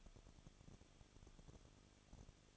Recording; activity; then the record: daily activity, microphone in the room; no activity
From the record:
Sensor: 4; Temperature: 23.0 degrees Celsius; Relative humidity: 34.4%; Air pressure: 1007.2 hPa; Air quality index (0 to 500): 216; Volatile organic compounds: 15 ppm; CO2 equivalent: 2502 ppm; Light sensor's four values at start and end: 2/3/1/1 and 2/3/1/1